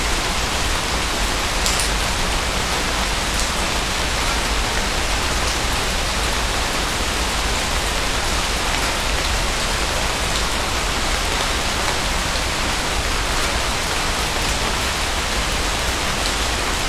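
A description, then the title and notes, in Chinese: Rain falls steadily in a bamboo grove, a dense, even hiss of countless drops that holds the same level throughout. The sound is bright, with faint ticks of individual drops scattered over a soft low rumble. 云栖竹林听雨。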